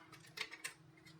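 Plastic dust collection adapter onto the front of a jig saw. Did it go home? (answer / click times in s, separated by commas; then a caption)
no / none. A plastic dust extraction port from a Bosch JA1009 Dust Collection Kit is handled against the front of the base of a Bosch JS365 jig saw, with short, light plastic taps and knocks around 0.4 s and 0.7 s over a quiet background. Nothing has seated or clicked yet, and the adapter is not yet snapped into place.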